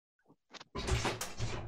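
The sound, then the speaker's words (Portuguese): A couple of soft clicks and clunks lead into a door sliding open with a loud, broad rumbling scrape that lasts about a second, as someone opens it to let a dog in. “Deixa eu só deixar o cachorro entrar aqui, senão ele vai ficar arranhando a porta.”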